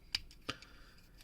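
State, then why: Seated. The plastic knee joints of a transforming robot action figure are bent and ratchet into position as the figure is stood up. Two sharp clicks land at about 0.2 s and 0.5 s, with fainter ticks around 0.3, 0.6 and 1.2 s. The knee joints click into place and seat.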